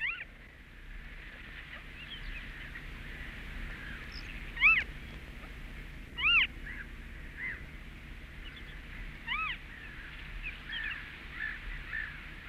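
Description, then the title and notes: Western Marsh Harrier calls: short whining mews that rise and fall, two loud ones under two seconds apart among several softer ones, with a steady high-pitched hiss throughout. Featured as the nature sound of the week; in Finland it nests in dense reed beds of lakes and sea bays. "Ruskosuohaukka. Pertti Koskimies"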